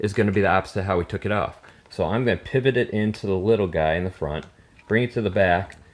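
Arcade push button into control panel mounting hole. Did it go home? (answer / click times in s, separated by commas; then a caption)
no / none. A replacement arcade push button is being fitted into a control panel mounting hole on an AtGames Legends Ultimate (ALU) arcade machine, pivoted into the front tab of the hole and brought toward the back, while someone talks throughout. Nothing has seated or clicked yet.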